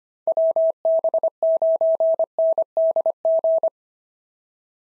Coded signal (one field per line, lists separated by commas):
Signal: Morse code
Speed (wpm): 25 wpm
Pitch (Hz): 650 Hz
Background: none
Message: WB9NDG